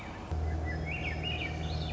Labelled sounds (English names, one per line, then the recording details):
Swainson's Thrush
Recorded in Sonoma County, California